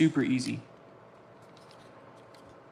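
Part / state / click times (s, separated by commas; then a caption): small window insert into its frame / not seated / none. A small window insert is handled against its frame while someone talks briefly at the start. After that, only a faint, steady low background remains. The insert has not seated or clicked into place yet.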